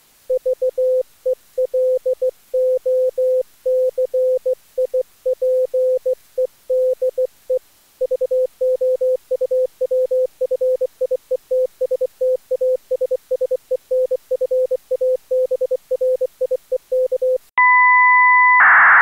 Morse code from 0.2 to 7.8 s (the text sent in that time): VELOCIPEDE